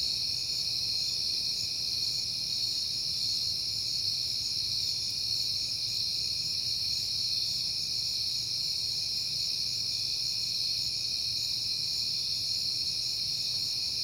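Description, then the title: Crickets produce a steady, bright, ringing drone of many chirps, accompanied by a faint low hum. Crickets at night in September, on a peaceful night. "Night Time: Crickets and Passing Cars"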